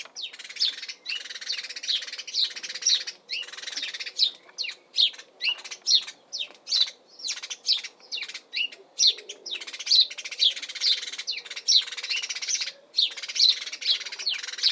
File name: Bird House Sparrow UKSuffolk Spring Calls Chirp